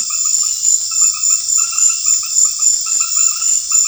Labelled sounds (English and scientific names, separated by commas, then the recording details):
none
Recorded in secondary vegetation near Puerto Asís, Putumayo, Colombia, on 28 February 2025 at 20:30
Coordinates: 0.484, -76.319
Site G010